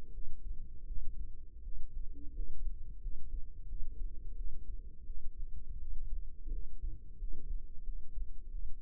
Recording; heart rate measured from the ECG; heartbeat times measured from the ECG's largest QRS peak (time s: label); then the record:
heart sounds by microphone in the right ear; 86 bpm
0.12 s: heartbeat
0.86 s: heartbeat
1.63 s: heartbeat
2.34 s: heartbeat
3.00 s: heartbeat
3.67 s: heartbeat
4.35 s: heartbeat
5.06 s: heartbeat
5.78 s: heartbeat
6.51 s: heartbeat
7.18 s: heartbeat
7.83 s: heartbeat
8.50 s: heartbeat
From the record:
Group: healthy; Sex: female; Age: 22 years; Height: 161 cm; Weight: 65.5 kg